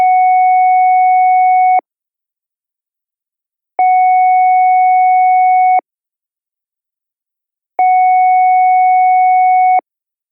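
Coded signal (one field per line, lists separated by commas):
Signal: siren signal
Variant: air-horn signal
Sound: three two-second buzzy horn blasts at one steady pitch, separated by two-second silences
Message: 3 long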